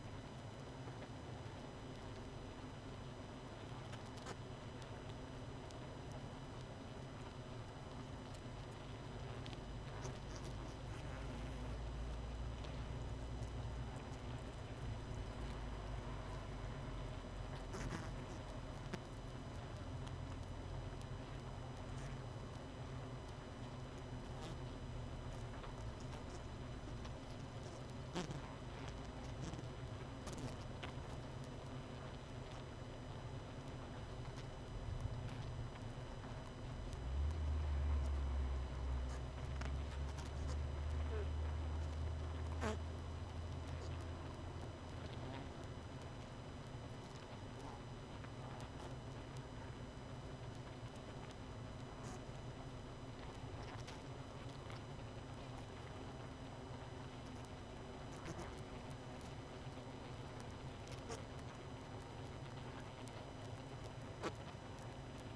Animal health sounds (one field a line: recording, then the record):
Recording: honeybee colony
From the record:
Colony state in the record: missing queen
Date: 31 May 2018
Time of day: 23:10